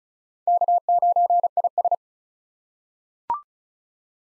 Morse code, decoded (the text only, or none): K9IS